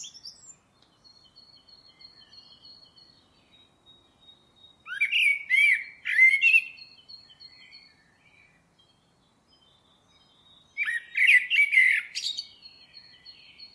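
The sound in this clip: Bird giving two bursts of rapid, bright chirping notes about six seconds apart, with a faint sustained high tone running through the quiet gaps.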